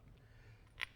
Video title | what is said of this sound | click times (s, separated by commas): B&W Turnoverball Gooseneck Trailer Hitch Installation Demonstration- Model 1067 | BMW supplies this piece which pops right in here | 0.8 s